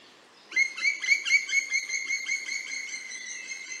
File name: Canto do pica pau preto